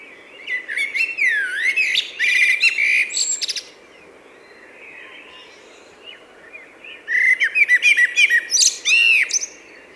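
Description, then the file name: Common blackbird song: two rich warbled phrases with sliding notes and high chittering endings, separated by about three seconds of quiet. "Turdus merula"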